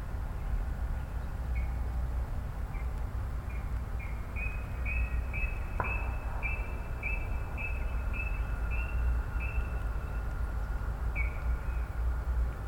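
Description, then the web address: Brown-cheeked rail giving a long series of brief sharp notes at roughly two per second, with a single click near the middle and a steady low drone beneath. "koe kuina"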